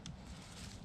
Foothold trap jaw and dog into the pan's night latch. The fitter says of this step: and bring it down to night latch hear that click